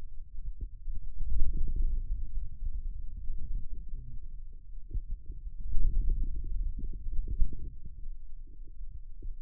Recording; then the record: forearm muscle sounds (acoustic myography)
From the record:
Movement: finger pinch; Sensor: system 2, bracelet of six BSWA MPA416 microphones around the upper forearm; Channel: 6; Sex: male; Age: 22 years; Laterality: right